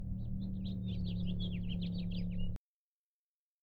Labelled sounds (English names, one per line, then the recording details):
House Finch song
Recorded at Hewlett Harbor on Long Island, New York, on 10 June 1975
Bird D